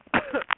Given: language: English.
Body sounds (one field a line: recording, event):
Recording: throat vibration sensor signal played as sound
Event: cough